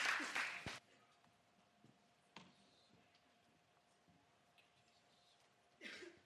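A loud burst of audience applause at a church service, welcoming the preacher about to give the sermon, cuts off after the opening moment, followed by a quiet stretch with a single sharp knock, before clapping swells up again at the very end.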